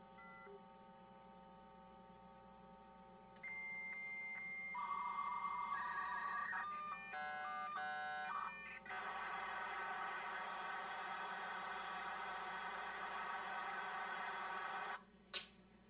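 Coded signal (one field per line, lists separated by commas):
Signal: dial-up modem handshake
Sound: line tones, a 2.1 kHz answer tone, shifting warbling tone pairs, then loud steady hiss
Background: low hum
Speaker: It would not connect with the external modem, but it's connecting with the internal, it appears to be so.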